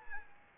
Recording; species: mosquito wingbeat signal from an infrared sensor; Anopheles arabiensis